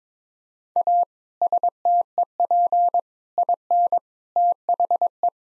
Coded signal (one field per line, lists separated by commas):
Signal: Morse code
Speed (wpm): 22 wpm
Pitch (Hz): 700 Hz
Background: none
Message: A STEP IN THE